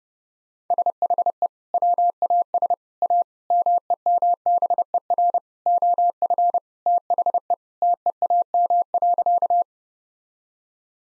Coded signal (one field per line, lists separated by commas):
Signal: Morse code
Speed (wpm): 32 wpm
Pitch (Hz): 700 Hz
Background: none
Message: SHE WAS A MEMBER OF THE TEAM.